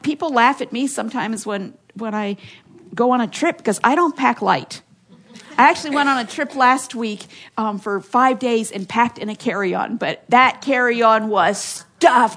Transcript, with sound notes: People laugh at me sometimes when go on a trip because I don’t pack light. (laughter) I actually went on a trip last week for five days and packed in a carry-on, but that carry-on was stuffed!